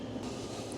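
A D1S xenon dipped-beam bulb, engaged in the headlight assembly of a Mini R56 (Cooper, Cooper S, John Cooper Works), is handled as it is turned clockwise from the 10:00 toward the 12:00 position to twist-lock it. Only a steady, broadband low rumble is heard, with no sudden sounds. Nothing has seated or clicked yet.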